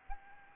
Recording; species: mosquito wingbeat signal from an infrared sensor; Anopheles arabiensis